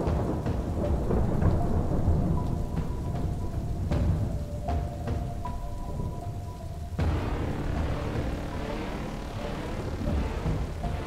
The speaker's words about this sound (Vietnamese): Đang chịu ảnh hưởng của bão, cho nên trời lúc nào cũng âm u, mưa rì rào suốt đêm ngày.